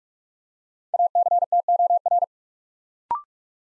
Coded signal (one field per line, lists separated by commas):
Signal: Morse code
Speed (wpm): 44 wpm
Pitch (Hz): 700 Hz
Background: none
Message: ACTOR